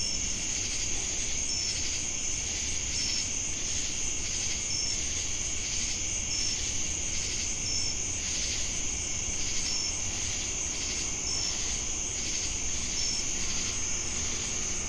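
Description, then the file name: Crickets keep up a continuous shrill trill while short chirps repeat every second or two; a pulsing insect hum and low rumble continue throughout. Jamestown, North Carolina, USA, on August 10, 2018. "Crickets And Sacadas Jamestown NC"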